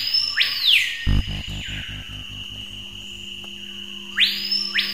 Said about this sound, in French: C'est l'un des chants les plus emblématiques de la forêt amazonienne. En Guyane française, on appelle cet oiseau le paipaio, mais on le croise aussi sous le nom de pioo, ou même de Lipogus vociférans.